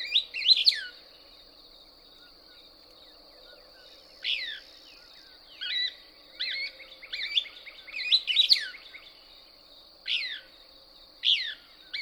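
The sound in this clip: Couch's Kingbird song: loud, high twittering phrases and sharp downward-sweeping notes, delivered in irregular bursts.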